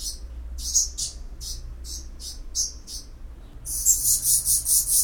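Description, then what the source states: Black redstart giving high, hissy chirps in short separate bursts, then a quick run of rapid, evenly pulsed chirps at the end. Nesting in Isländische Straße, in wall niches and even on balconies; call described as rough and clipped, heard as 'hik tek tek'.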